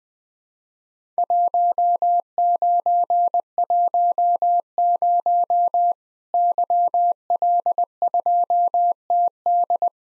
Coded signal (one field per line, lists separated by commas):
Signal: Morse code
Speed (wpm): 20 wpm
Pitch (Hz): 700 Hz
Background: none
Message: 1910 YL2TD